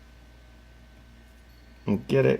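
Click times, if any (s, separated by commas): none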